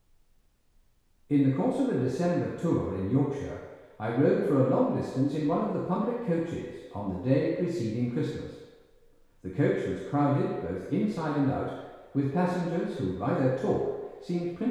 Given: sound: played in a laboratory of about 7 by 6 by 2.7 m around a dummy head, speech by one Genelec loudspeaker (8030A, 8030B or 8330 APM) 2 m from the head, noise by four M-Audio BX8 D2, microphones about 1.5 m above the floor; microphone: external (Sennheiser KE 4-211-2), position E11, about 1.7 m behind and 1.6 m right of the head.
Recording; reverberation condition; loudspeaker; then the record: male speech in English; high; 150 degrees to the right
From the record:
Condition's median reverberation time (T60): about 1300 ms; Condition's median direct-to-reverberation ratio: about -4.0 dB